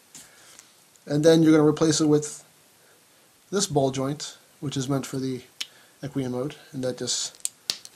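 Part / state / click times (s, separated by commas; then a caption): ball joint into action figure socket / seated / 7.7 s. A replacement plastic ball joint meant for the figure's alternate equine mode is pressed into the socket of an Odin action figure while someone talks. A loud, sharp snap at 7.7 s shows the joint popping in and seating.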